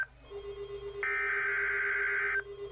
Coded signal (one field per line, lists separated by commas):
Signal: Emergency Alert System (SAME) tones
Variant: header bursts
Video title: EAS Severe Thunderstorm Watch Central Minnesota NOAA Weather Radio KEC65